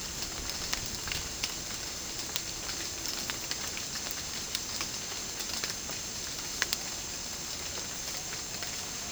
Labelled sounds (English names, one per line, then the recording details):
none
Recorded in dense forest near Puerto Asís, Putumayo, Colombia, on 25 June 2025 at 14:30
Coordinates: 0.499, -76.324
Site G100